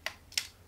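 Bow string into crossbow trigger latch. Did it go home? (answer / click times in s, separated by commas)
yes / 0.1 s, 0.4 s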